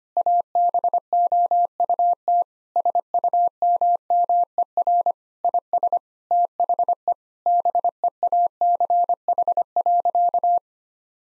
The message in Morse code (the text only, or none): ABOUT SUMMER IS THE BEACH.